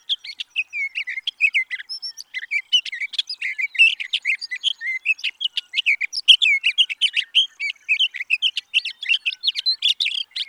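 Sage thrasher song: an unbroken, fast babble of jumbled chirps, whistles and trills that runs the whole time without pause.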